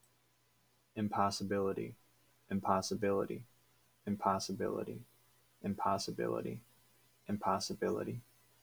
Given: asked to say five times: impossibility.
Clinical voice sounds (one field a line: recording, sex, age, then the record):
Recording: repeated word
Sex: male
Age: 20 to 29 years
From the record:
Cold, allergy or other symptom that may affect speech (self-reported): no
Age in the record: 25 years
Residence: Wisconsin, United States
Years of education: 16